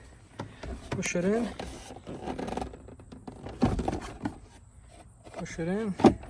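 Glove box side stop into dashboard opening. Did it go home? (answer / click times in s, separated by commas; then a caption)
no / none. A glove box on a 2009–2013 Honda Fit is being pushed back into the dashboard opening so its side stops catch, after a cabin air filter replacement. Someone talks while soft scrapes and light knocks come from the handling. Nothing has seated or clicked yet.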